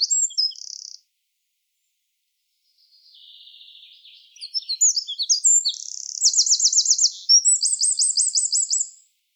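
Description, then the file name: Eurasian wren song: a short high burst, a quiet buzzy phrase, then rapid, very high, repeated trills in quick runs, with a brief gap between them. "Troglodytes troglodytes"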